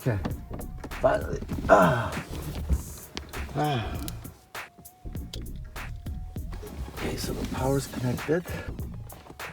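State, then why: Not seated. On a third-generation Lexus GS, the rear center (third) brake light housing is handled against the rear body panel after its power connector has been connected, while someone talks over background music. Short handling knocks and rustles are heard, but the clip ends before the housing clips go home, so nothing has seated or clicked yet.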